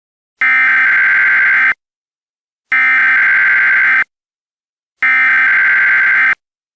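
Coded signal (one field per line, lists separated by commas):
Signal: Emergency Alert System (SAME) tones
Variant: header bursts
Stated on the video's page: Fictional EAS scenario, a Spring Fling 2023 contest entry, not based on real events.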